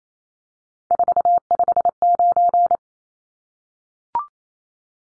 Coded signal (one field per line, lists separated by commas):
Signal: Morse code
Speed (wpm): 28 wpm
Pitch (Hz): 700 Hz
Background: none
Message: 459